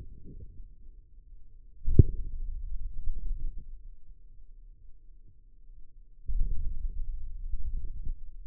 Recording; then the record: forearm muscle sounds (acoustic myography)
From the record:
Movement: hand closing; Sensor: system 2, bracelet of six BSWA MPA416 microphones around the upper forearm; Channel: 4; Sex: male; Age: 22 years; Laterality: right